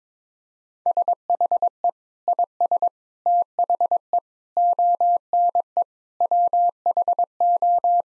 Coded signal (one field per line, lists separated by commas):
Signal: Morse code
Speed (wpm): 21 wpm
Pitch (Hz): 700 Hz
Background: none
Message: SHE IS THE ONE WHO